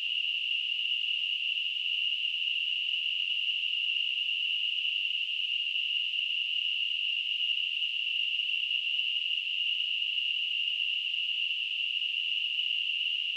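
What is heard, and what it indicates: Simulated tinnitus: a steady, continuous high-pitched hissing tone centered around 3 kHz, unchanging in loudness throughout.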